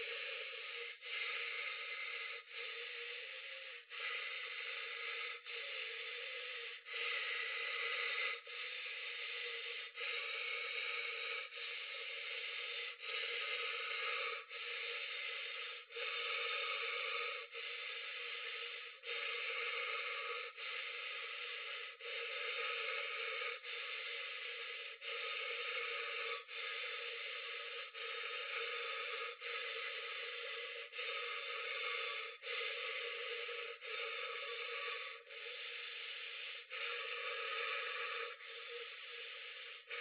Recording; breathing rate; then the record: paced breathing near a phone; 20 breaths a minute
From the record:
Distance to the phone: 40 cm